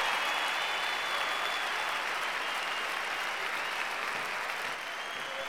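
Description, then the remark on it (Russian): Steady, dense applause from a crowd of spectators clapping for the winner of a running race, a continuous wash of many hands clapping at an even loudness for several seconds, with no voices standing out. “Зрители хлопают победителю!”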